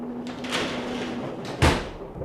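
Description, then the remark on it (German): A door is pushed shut, ending in a single firm thud after a brief scrape of movement, with a low steady hum running underneath and no one speaking. “Machen Sie Tür zu.”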